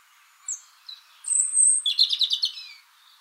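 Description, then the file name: European robin song: two soft high notes, then a long thin whistle running into a quick sparkling trill that trails off downward. "Erithacus rubecula"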